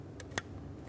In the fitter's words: right along the front of the throttle body we'll take this electrical connector press it in listen for a click